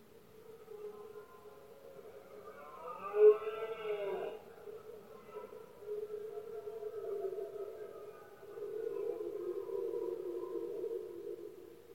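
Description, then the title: Red deer roaring: one harmonic bellow early on, then steady, softer moaning roars continue to the end. Rut of male deer in Spain, called berrea or brama del ciervo; powerful bellows of stags, heard especially at night when the surroundings are quietest. "Paisaje sonoro: Berrea"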